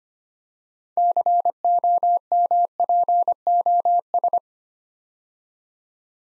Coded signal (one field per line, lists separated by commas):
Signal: Morse code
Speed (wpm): 25 wpm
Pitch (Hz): 700 Hz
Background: none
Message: COMPOS